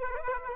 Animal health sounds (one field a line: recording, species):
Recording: mosquito wingbeat signal from an infrared sensor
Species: Aedes aegypti